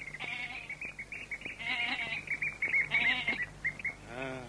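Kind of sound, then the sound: animal, goat bleating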